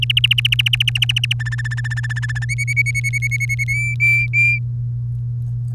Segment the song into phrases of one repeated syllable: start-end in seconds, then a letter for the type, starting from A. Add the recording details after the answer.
0.02-1.33 A, 1.40-2.45 B, 2.49-3.64 C, 3.68-4.58 D. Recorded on 3 May 2018 at 05:46. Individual llb3